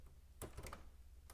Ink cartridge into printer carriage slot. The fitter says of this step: it will click in place and this will ensure that